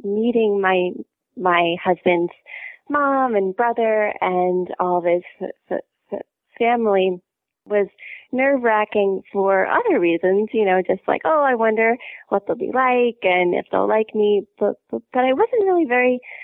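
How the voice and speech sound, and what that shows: Adult woman who stutters speaking conversationally, with stuttering: sound and part-word repetitions, prolonged sounds and hesitant pauses within phrases. Much of the stuttering is voluntary, with some real stuttering let through.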